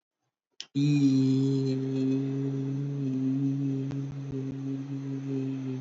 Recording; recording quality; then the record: sustained vowel as in beet; excellent, no background noise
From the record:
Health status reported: healthy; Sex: male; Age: 25 years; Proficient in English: yes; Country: India